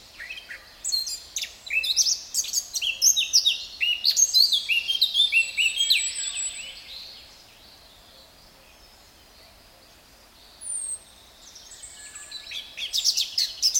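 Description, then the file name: Eurasian blackcap song: rich, fast, high warbling for about six seconds, a pause, then a short burst and a fresh start of chattering notes. "Sylvia atricapilla"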